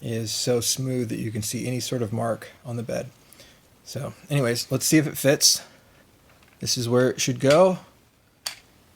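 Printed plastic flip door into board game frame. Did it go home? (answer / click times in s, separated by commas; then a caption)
yes / 8.5 s. Someone talks while a freshly 3D-printed PLA replacement flip door for a Guess Who game is pressed into its hinge slot on the plastic game frame. After a quiet pause, one sharp click at 8.5 s marks the door snapping into place.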